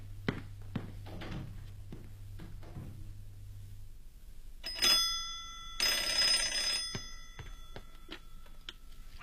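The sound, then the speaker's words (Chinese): Steady ticking clicks, then a telephone bell rings in two bright, metallic bursts, the second longer and louder, with a faint tick continuing afterward. “没有，她说待会儿再打来。”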